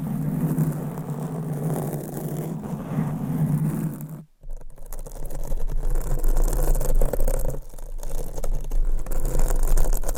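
Nails scratch and rub against a microphone cover in a dense, continuous rasp with a steady low hum underneath. Around four seconds the sound cuts out briefly, then resumes as a brighter, more crackly scraping with quick irregular taps and rustles to the end.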